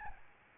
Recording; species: mosquito wingbeat signal from an infrared sensor; Aedes albopictus